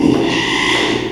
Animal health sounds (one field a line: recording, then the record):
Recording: squeal of a Yucatan mini pig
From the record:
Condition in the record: after surgery on the right vocal fold (resection and tissue-engineered implant)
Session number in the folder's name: 1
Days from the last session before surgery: 6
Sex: male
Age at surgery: 12 weeks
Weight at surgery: 13 kg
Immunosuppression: cyclosporine, prednisolone